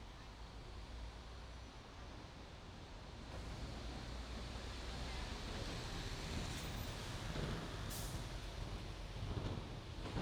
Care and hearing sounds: everyday scene through a hearing-aid microphone; in traffic; traffic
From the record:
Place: main road on the outskirts, rush hour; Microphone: in the ear canal, right

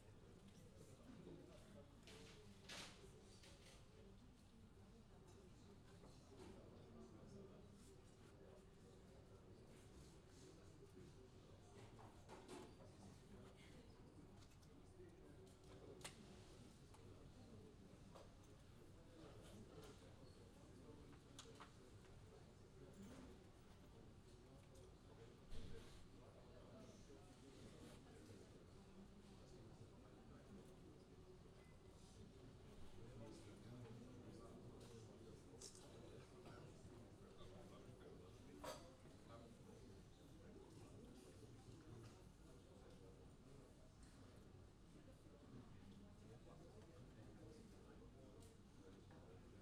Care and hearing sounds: everyday scene through a hearing-aid microphone; many people talking; many voices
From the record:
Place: university cafeteria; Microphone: in the ear canal, left

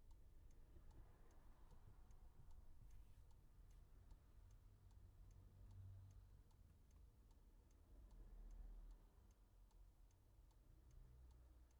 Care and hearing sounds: everyday scene through a hearing-aid microphone; in a vehicle; engine idling, traffic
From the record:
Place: Skoda Fabia, gasoline engine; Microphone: behind the ear, left, front

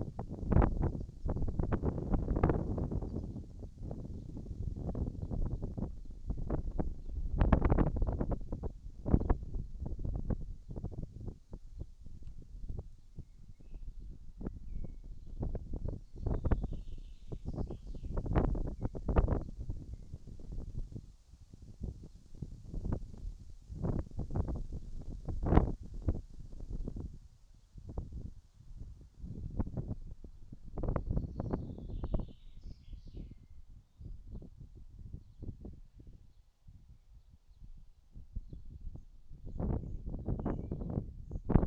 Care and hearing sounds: everyday scene through a hearing-aid microphone; wind on the microphone; wind, birds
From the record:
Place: in front of a rural house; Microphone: in the ear canal, right

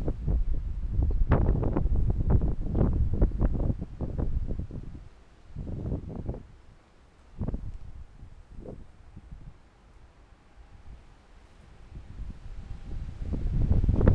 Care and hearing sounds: everyday scene through a hearing-aid microphone; wind on the microphone; squally wind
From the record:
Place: parking lot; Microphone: behind the ear, left, rear

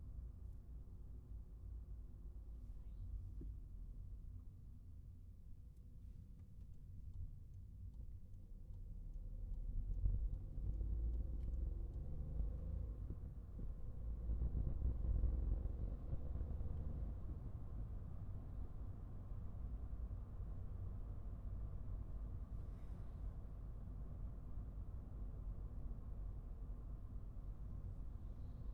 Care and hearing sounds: everyday scene through a hearing-aid microphone; in a vehicle; engine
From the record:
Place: Skoda Fabia, gasoline engine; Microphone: behind the ear, right, front

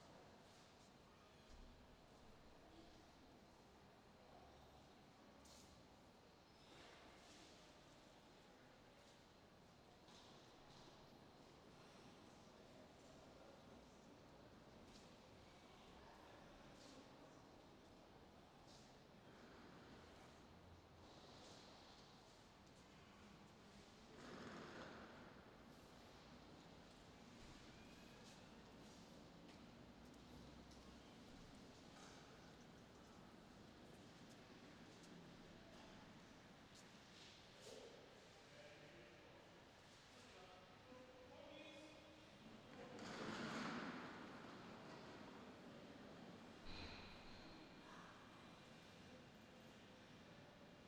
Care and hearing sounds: everyday scene through a hearing-aid microphone; reverberant space; background noise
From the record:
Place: railway station hall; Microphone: in the ear canal, left

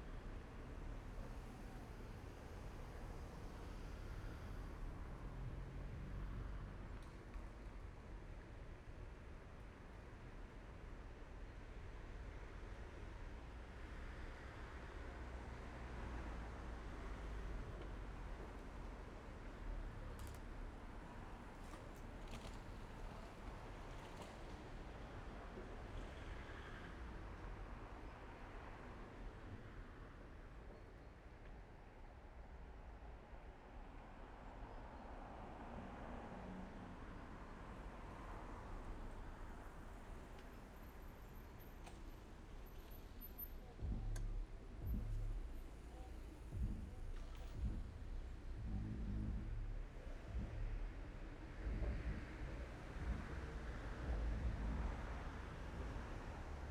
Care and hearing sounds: everyday scene through a hearing-aid microphone; in traffic; traffic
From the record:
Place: main road on the outskirts, rush hour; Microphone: behind the ear, left, front

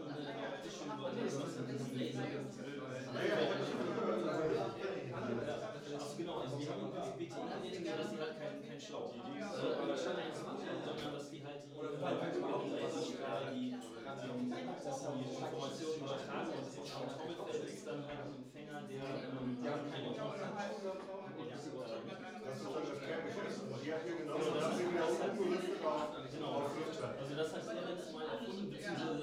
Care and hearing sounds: everyday scene through a hearing-aid microphone; many people talking; many voices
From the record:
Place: bistro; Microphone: in the ear canal, right

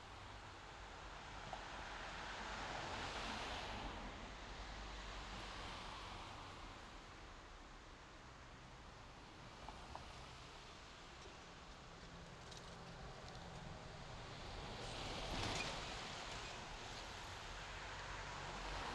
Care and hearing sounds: everyday scene through a hearing-aid microphone; in traffic; traffic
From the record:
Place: main road on the outskirts, rush hour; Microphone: in the ear canal, left

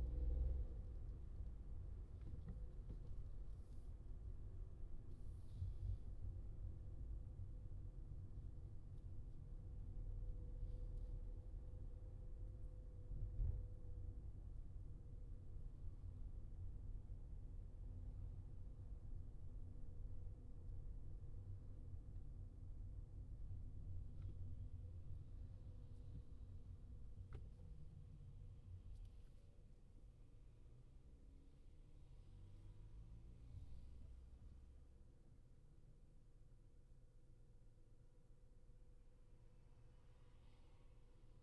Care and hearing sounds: everyday scene through a hearing-aid microphone; in a vehicle; engine, highway traffic jam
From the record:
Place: Skoda Fabia, gasoline engine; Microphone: in the ear canal, left

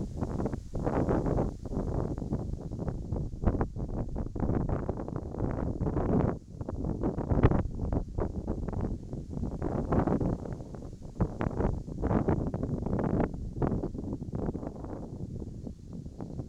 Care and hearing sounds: everyday scene through a hearing-aid microphone; wind on the microphone; wind, whistling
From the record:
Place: in front of a rural house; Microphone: in the ear canal, right

